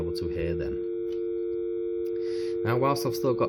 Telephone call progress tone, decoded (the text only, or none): dial tone